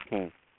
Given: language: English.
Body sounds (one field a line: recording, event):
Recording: throat vibration sensor signal played as sound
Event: speech